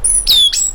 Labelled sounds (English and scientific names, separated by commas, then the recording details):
Stitchbird (Notiomystis cincta) song
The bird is a male
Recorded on Tiritiri Matangi Island, New Zealand, in 2005
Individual 12, of nest box 16